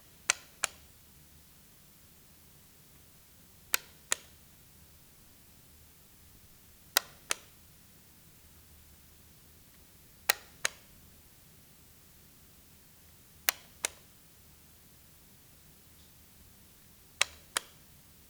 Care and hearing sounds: daily activity, guitar pickup as the sensor; operate light

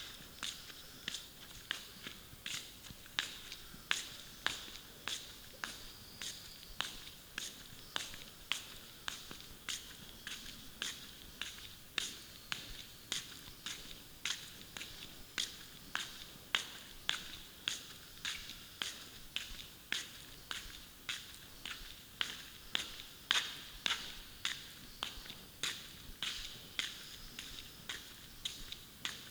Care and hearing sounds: daily activity, guitar pickup as the sensor; walk

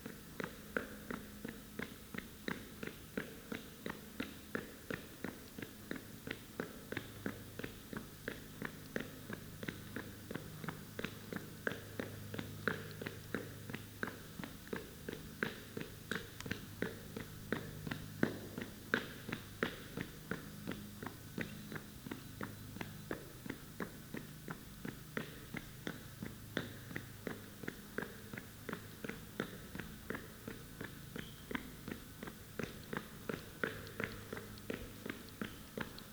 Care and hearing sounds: daily activity, guitar pickup as the sensor; run

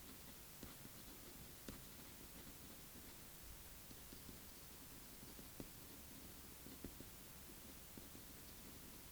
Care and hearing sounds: daily activity, guitar pickup as the sensor; write

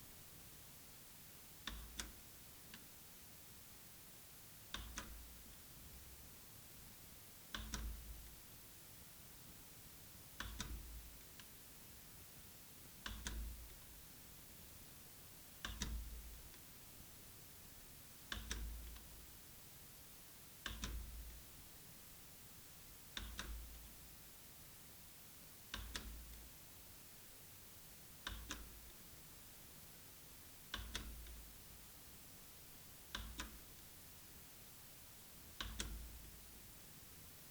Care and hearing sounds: daily activity, guitar pickup as the sensor; manipulate door

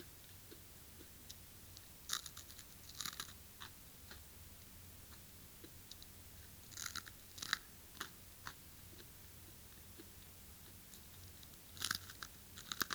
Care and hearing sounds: daily activity, guitar pickup as the sensor; eat

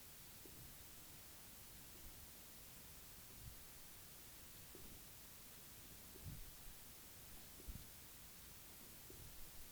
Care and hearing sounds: daily activity, guitar pickup as the sensor; jump

